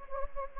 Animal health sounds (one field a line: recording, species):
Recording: mosquito wingbeat signal from an infrared sensor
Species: Anopheles gambiae